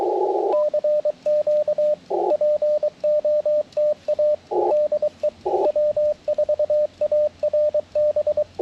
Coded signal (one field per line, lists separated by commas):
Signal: Morse code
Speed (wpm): 23 wpm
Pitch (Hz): 590 Hz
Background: radio noise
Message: CQ POTA DE W4ARB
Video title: Band Hopping w/ Elecraft T1 & PackTenna 9:1 - CW POTA Activation - 10/9/23 @ K-4451